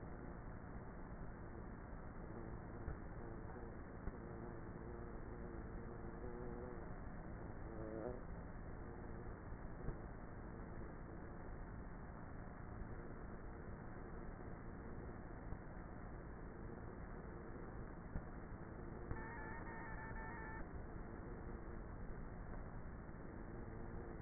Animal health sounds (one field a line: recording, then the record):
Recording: honeybee colony, microphone inside the hive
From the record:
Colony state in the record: queenless with a low population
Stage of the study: before two queens were removed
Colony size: about 30,000 bees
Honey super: no